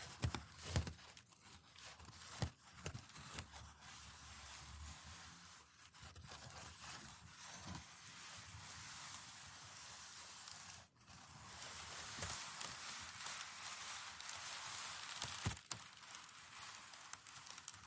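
Packing paper is slowly crinkled, stroked and pressed, making a continuous bright rustle that swells and eases without a break. Sharper crackles and soft thumps punctuate it irregularly, with a brief near-silence at about eleven seconds before the rustling resumes.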